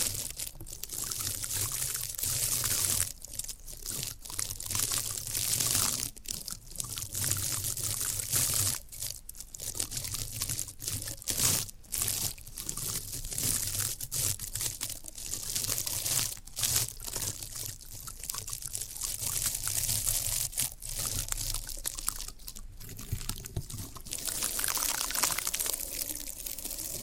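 Floral foam being worked, giving a dense, bright, crackling hiss that runs the whole time with no real pauses. Short sharp breaks and crunchy snaps cut through it every second or so, and a faint low rumble sits underneath at a steady level.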